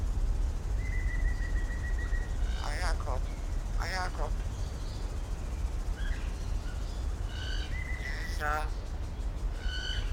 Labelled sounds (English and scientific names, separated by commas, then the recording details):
Common Hill Myna (Gracula religiosa)
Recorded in captivity
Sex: male
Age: adult
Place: Zoo Berlin, Berlin, DE
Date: 1993-08-04 18:53
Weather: heiter, 25 °C
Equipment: Marantz CP 430, Sennheiser ME 80, Kopie Uher Variocord 263
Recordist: Tembrock, Günter
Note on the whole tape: Unterart intermedius, Gesang mit Imitationen